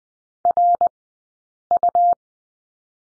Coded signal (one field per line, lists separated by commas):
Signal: Morse code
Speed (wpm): 20 wpm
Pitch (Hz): 700 Hz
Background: none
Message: RU